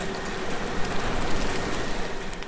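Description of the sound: Dense rumbling, crackling hiss with faint steady tones: a simulated tinnitus mix combining bacon-frying, hissing like air out of a popped tire, conveyor-belt and rough ocean-wave sounds, the cacophony an adult man hears inside his head on his worst days.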